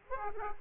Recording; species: mosquito wingbeat signal from an infrared sensor; Aedes aegypti